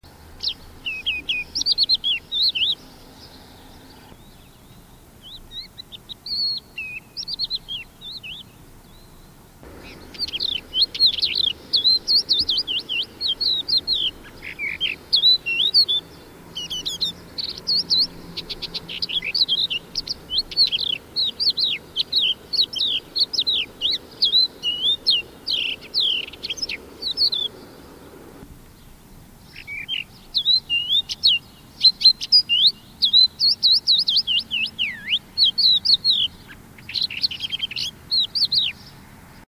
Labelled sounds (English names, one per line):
Crested Lark song